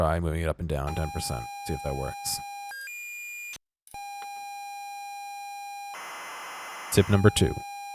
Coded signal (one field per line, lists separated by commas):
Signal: ZX Spectrum tape loading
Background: speech